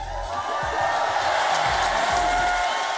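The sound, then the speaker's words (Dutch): A left-wing crowd protesting cuts to arts and culture claps and cheers steadily, a dense wash of applause with scattered shouts and whoops running throughout at a fairly loud, even level. “Hoor je ze klappen, dat linkse tuig.”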